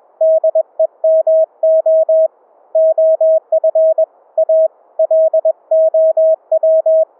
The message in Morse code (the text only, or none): DEMO OF A LOW